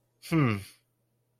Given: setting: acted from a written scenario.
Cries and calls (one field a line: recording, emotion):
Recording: vocal sound without words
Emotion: neutral